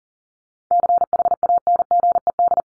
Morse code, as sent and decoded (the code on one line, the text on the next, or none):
-.-. .... .- -. --. . -..
CHANGED